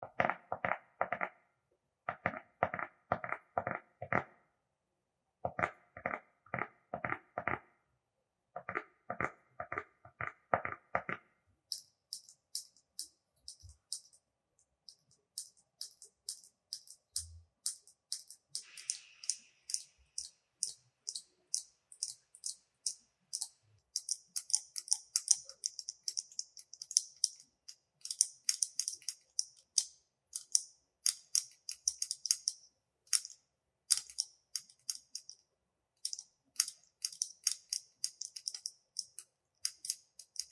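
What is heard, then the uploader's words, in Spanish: Soft, repetitive tapping. For the first eleven seconds it comes in short, fuller-sounding bursts separated by brief pauses, then it shifts to a lighter, crisp, high-pitched tapping that runs quickly and steadily to the end, growing slightly denser later on. 1 minuto de Tapping ASMR. El sonido repetitivo y suave del tapping.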